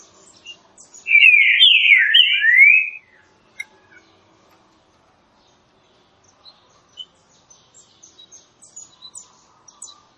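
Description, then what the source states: Green-winged saltator song: one loud phrase of slurred whistled notes, followed by faint high chirps. Classic song style, used for training.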